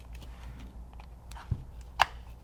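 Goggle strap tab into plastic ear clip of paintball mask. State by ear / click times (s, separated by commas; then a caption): seated / 2.0 s. A goggle strap is fed through the plastic ear clip of a V-Force Profiler paintball mask, and its tab snaps into the clip. Faint small ticks and handling noises lead up to one loud, sharp click at 2.0 s. The tab is now seated and locked so it can't pop out.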